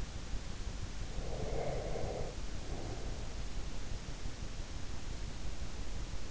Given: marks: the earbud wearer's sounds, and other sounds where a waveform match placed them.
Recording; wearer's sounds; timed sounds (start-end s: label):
sounds in sleep by an in-ear microphone; breath
1.12-3.37 s: breath